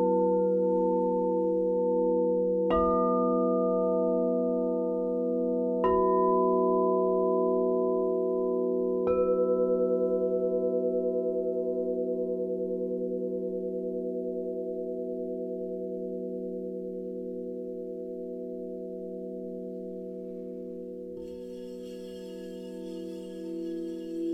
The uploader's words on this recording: This is a simple recording I made playing my singing bowls, looped to create 90 minutes of sound for you.